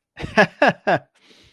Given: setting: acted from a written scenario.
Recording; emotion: vocal sound without words; amusement